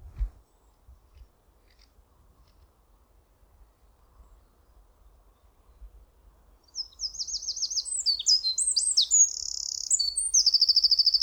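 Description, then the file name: Eurasian wren song: after a long quiet stretch, a fast, shrill cascade of high trills and chattering notes bursts in and runs to the end. "Troglodytes troglodytes"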